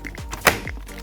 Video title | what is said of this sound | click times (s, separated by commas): Know Your Window: MI 1556 Double-Hung Window | and will stay in the closed position simply push the top sash up till you hear the click | 0.5 s